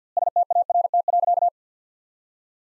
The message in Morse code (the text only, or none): START.